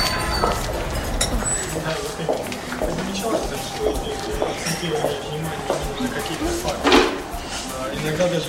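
Busy cafe ambience with a steady murmur of indistinct chatter, punctuated by light clinks and clatters of dishes and cutlery, including a brighter clatter near the end.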